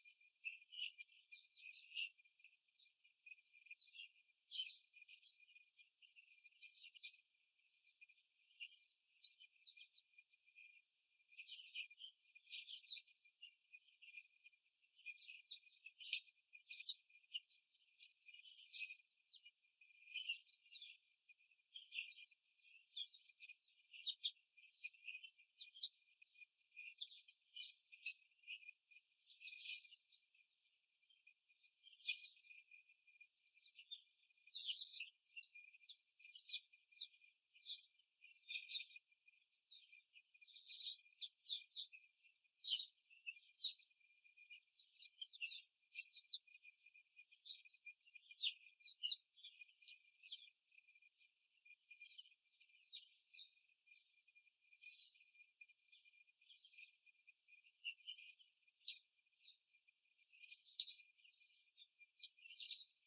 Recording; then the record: young laying hens in a cage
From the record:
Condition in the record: before the stressor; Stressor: simulated dog barking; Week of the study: 3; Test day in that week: 1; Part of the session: 4